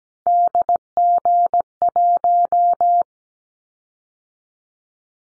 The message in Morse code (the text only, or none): DG1